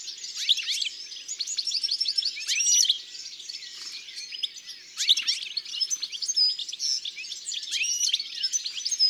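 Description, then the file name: European goldfinch singing a rapid, liquid stream of high twittering notes and buzzy trills in two long bursts with a brief pause between. "Chardonneret elegant ABC des chants doiseaux"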